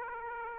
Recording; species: mosquito wingbeat signal from an infrared sensor; Aedes aegypti